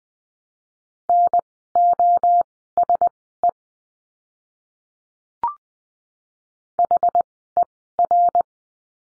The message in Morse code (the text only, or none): NOSE HER